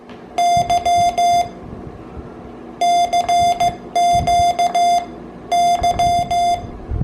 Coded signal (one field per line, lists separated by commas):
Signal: Morse code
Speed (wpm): 14 wpm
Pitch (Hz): 700 Hz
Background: none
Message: Y CQ Y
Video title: Small, lightweight morse code keys for portable CW QRP operations